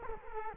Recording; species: mosquito wingbeat signal from an infrared sensor; Culex quinquefasciatus